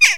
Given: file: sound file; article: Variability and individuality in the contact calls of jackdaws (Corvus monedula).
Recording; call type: jackdaw call; harmonic